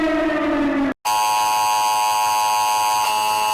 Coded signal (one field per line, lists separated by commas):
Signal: Emergency Alert System (SAME) tones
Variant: 853 and 960 Hz attention tone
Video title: EAS alarm animation Part 2 | Made by me & other animators ^_^